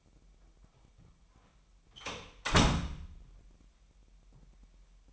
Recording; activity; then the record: daily activity, microphone in the room; close door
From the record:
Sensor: 1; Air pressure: 998.4 hPa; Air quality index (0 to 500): 126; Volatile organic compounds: 3 ppm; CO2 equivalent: 1510 ppm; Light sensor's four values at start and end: 19/59/24/25 and 19/59/24/25